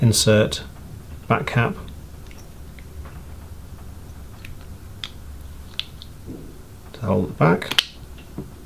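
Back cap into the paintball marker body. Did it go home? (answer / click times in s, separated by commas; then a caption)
no / none. The back cap of a GEO CS1 paintball marker is handled at the marker body after the reassembled propshaft is inserted, while someone talks. Only brief taps and light handling noises are heard. Nothing has seated or clicked into place yet.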